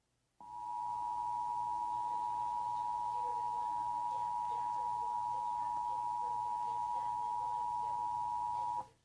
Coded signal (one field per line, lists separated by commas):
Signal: Emergency Alert System (SAME) tones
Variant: 853 and 960 Hz attention tone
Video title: eas recorded off my pc (2018)